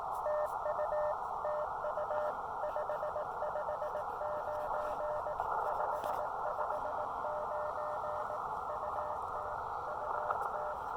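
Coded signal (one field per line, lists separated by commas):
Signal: Morse code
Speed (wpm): 19 wpm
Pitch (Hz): 600 Hz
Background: none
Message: TU TU 559 559 UT UT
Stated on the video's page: Morse code from a QRP summit activation using an Elecraft KX2 and Chameleon MPAS Lite antenna, during a solar flare.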